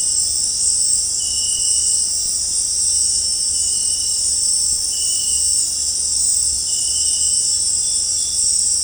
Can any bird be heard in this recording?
no